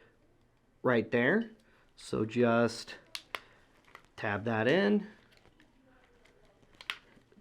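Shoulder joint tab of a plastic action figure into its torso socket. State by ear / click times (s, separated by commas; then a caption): seated / 6.8 s, 6.9 s. Someone talks while pressing the shoulder joint sections of a plastic transforming action figure so their tabs lock into the torso socket, with small handling ticks in between. Sharp clicks at 6.8 s and 6.9 s mark the tabs seating into place.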